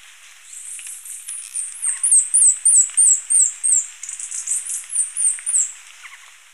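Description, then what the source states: Speckled hummingbird giving a very high, thin series of squeaky slurred notes, about three a second, swelling and then tapering off. Recorded in Ecuador.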